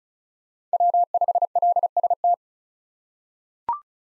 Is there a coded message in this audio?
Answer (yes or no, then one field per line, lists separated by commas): yes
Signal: Morse code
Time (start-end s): 0.7-2.3 s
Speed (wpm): 36 wpm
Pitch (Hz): 700 Hz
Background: none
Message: W5LST